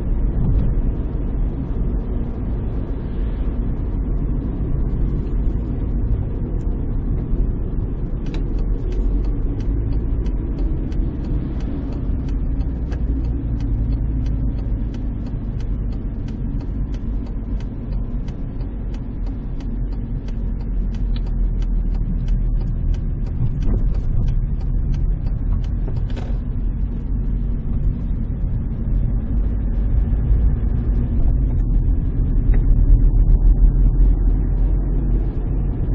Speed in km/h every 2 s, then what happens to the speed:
46, 45, 43, 47, 36, 30, 26, 24, 23, 22, 19, 18, 20, 21, 25, 28, 33, 37.
0-21 slows to 18. 21-36 speeds up to 37.